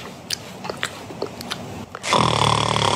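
About two seconds of quiet room noise with a few faint clicks, then a loud, harsh, rattling noise starts and holds to the end, with a low buzzing rumble underneath. This is a snoring inhalation in an adult, a relatively common type of snore.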